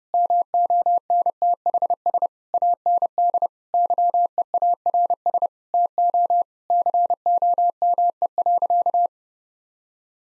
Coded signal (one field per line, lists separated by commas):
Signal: Morse code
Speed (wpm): 30 wpm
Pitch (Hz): 700 Hz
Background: none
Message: MONTHS AND YEARS TO COME.